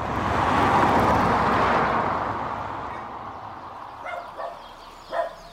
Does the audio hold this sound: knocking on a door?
no